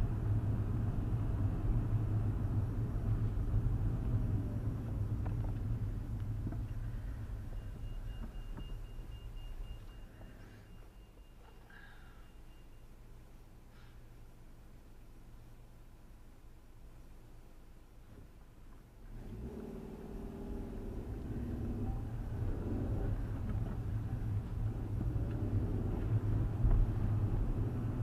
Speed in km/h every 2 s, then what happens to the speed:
27, 26, 16, 6, 3, 0, 0, 0, 0, 0, 13, 21, 26, 29.
0-9 slows to 0. 9-18 standing. 18-25 pulls away to 29.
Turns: none.